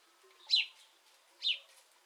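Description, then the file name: House sparrow giving two loud, slightly downslurred chirps, nearly a second apart. "Passer domesticus"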